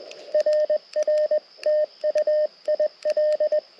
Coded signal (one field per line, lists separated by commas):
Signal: Morse code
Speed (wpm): 20 wpm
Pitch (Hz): 590 Hz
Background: radio noise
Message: RR TU IL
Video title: Mountain Topper POTA Activation - 6/8/23 @ K-3684